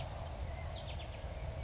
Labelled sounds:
California Towhee
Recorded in Sonoma County, California

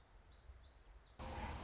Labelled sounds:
Song Sparrow
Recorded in Sonoma County, California

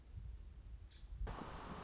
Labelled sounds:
Nuttall's Woodpecker
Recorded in Sonoma County, California

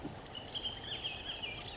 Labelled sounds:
Bullock's Oriole
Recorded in Sonoma County, California

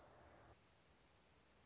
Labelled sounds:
Orange-crowned Warbler
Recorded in Sonoma County, California

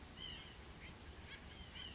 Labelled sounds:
White-breasted Nuthatch
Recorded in Sonoma County, California

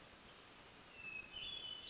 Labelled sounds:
Hermit Thrush
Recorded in Sonoma County, California

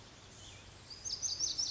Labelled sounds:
Cassin's Vireo
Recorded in Sonoma County, California

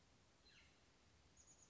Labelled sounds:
Chestnut-backed Chickadee
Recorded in Sonoma County, California

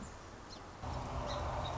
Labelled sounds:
Song Sparrow
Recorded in Sonoma County, California

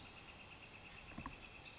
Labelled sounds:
Northern Flicker
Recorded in Sonoma County, California

